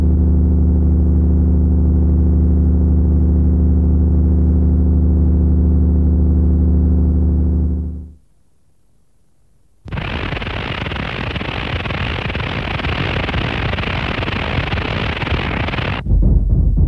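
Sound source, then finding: Synthesized device sound. Tinnitus simulation.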